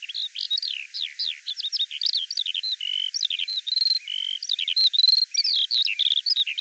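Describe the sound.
Bird song made of quick rising and falling chirps, short steady whistles and brief trills, delivered in a rapid, jumbled sequence.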